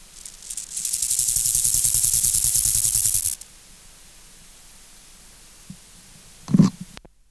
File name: Chorthippus moreanus